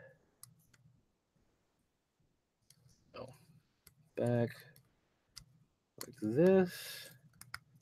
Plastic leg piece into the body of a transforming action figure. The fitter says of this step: like Oh something snapped into place there so that's okay